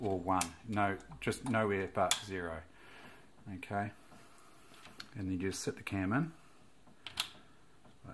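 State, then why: Seated. A pattern cam is dropped into the cam holder of a vintage ELNA Supermatic sewing machine and pressed down until it locks in place. Someone talks through most of the clip, then two sharp clicks at 7.1 and 7.2 seconds mark the cam seating. The cam is locked in.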